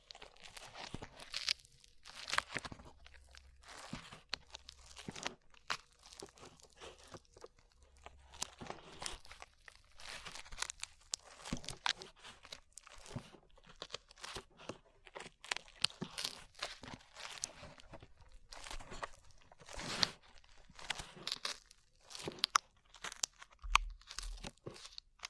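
Slime being squished and pulled, with dense sticky crackles, pops and tearing sounds that come in quick irregular bursts for the whole time. The sounds are bright and crisp, with short pauses between clusters, and a faint low hum appears now and then underneath.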